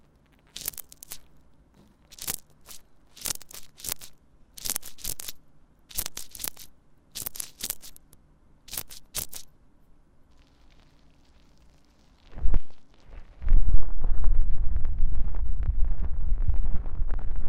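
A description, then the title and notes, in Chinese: Mini-microphone ASMR triggers: paired crisp scratchy strokes repeat steadily for ten seconds, a pause, then dense rough crunching rubbing fills the end. 迷你麥克風刺痛觸發 | Brain Melting Triggers | NO Talking。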